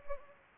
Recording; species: mosquito wingbeat signal from an infrared sensor; Anopheles gambiae